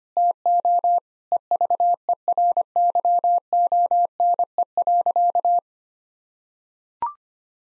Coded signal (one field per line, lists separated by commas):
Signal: Morse code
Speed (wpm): 25 wpm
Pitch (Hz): 700 Hz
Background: none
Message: TO EVERYONE.